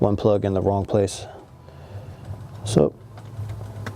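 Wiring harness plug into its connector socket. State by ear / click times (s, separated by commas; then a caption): seated / 3.9 s. A wiring harness plug on a 2007 Forester engine is slid into its connector socket after a motor mount change. Someone talks, and then a sharp click is heard at 3.9 s as the plug locks into place and is seated.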